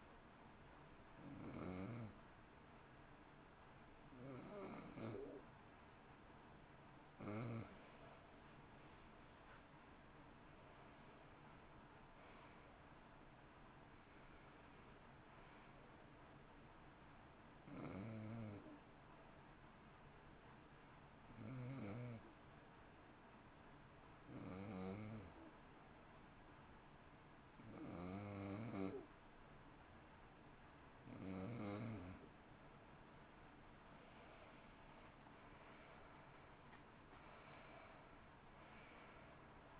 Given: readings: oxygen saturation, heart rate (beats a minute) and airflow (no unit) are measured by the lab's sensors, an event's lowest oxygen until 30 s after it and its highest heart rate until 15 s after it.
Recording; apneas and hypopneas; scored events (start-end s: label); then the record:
breathing in sleep by a voice recorder at the bedside; none
12.00-39.80 s: new sleep stage, N2 (light sleep)
From the record:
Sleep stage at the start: N1 (lightest sleep); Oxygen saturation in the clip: 91 to 93%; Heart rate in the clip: 57 to 70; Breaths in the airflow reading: 12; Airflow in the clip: -12.0 to 13.5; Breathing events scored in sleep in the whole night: 328 in 6.3 hours asleep